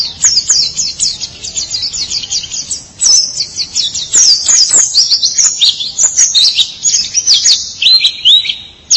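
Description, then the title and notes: White-eye song, a high twittering stream of fast chirps and slurred notes with only brief pauses. "Suara kicauan burung pleci"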